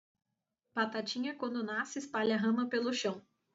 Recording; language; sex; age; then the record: short text; Brazilian Portuguese; female; 20 to 29 years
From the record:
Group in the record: control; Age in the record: 29 years